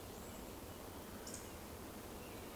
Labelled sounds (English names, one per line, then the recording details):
Eurasian Woodcock whistle
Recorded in Baden-Württemberg, Germany, on 11 June 2020 at 20:03 UTC
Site 14569, 102 m above sea level